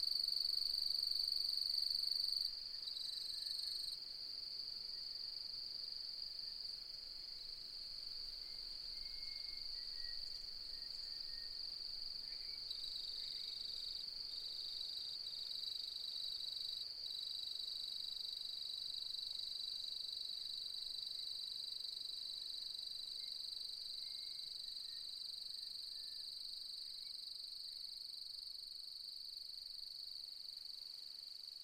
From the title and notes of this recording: Autumnal Dusk At Mungo National Park, NSW, Australia. As the light fades and the full moon rises.. In the outback. The nocturnal cricket song begins.